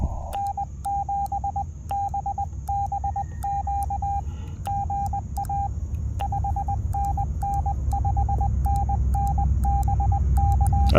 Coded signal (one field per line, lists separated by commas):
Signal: Morse code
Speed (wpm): 20 wpm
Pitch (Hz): 800 Hz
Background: none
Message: N7BBQ GA 5NN 5NN BK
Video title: POTA Activation with Xiegu X6200 – Is the Keyer Issue Fixed in Firmware v1.0.1?